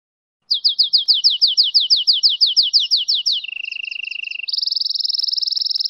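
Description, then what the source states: Goldfinch × canary hybrid song: a fast, even trill of repeated sliding notes, then a lower buzzy roll, then a high steady rapid trill. Hybrid between a goldfinch and a canary.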